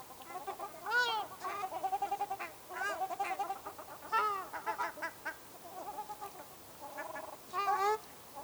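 Ruddy shelduck honking: nasal harmonic calls mixed with rapid stuttering runs of short notes, rising and falling in loudness throughout.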